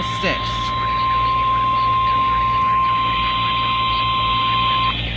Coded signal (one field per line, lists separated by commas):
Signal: Emergency Alert System (SAME) tones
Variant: 1050 Hz attention tone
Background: speech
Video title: EAS #17-18: Wyoming Statewide Tornado Drill and KIH26 Weekly Test || 5/12/21